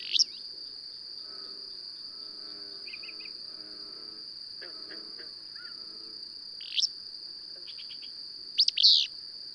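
Bird chirps scattered throughout, short swept notes and a final loud double burst, with a constant high whine and faint soft twittering.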